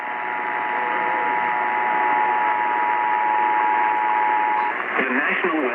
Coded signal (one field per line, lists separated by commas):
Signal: Emergency Alert System (SAME) tones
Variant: 853 and 960 Hz attention tone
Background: speech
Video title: 650, 840!! EAS Alerts from 2/24/18 (EAS #795 - 807)